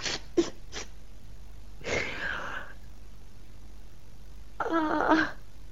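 Someone blows their nose: a few quick, sharp snorts, then a longer rough blow, and after a pause a final honking blow with a buzzy, tonal edge. No one speaks.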